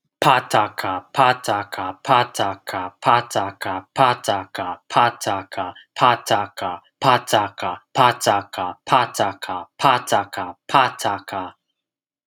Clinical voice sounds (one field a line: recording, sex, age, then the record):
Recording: repeated syllables /pa ta ka/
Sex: male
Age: 20 to 29 years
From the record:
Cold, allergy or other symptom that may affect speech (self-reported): no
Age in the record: 28 years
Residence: California, United States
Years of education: 16